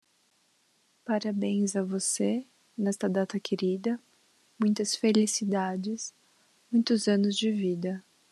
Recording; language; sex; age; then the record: short text; Brazilian Portuguese; female; 30 to 39 years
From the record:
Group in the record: control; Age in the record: 32 years